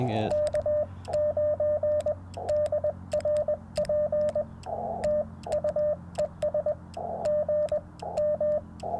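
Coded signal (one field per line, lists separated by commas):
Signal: Morse code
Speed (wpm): 21 wpm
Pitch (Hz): 600 Hz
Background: speech, radio noise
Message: K9DRP TU ES GM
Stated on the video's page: CW Parks on the Air activation at 50 watts from a Yaesu FT-891, sent with Bamatech paddles into a ground-mounted Yaesu ATAS-120A antenna with eight radials.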